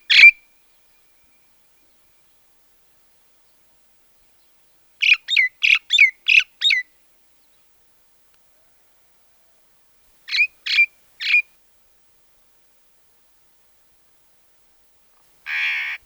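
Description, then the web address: Myna calls: quick bursts of short squeaky chirps, five or six together, then three, separated by several seconds of silence, ending in a harsher note. "soud Majna"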